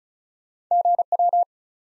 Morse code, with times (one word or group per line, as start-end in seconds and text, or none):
0.7-1.0 G
1.1-1.4 W